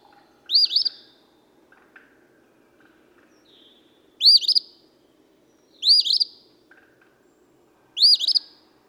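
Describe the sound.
Eastern phoebe repeating its hoarse, buzzy phrase four times at irregular gaps, with soft chips from other birds and low hum.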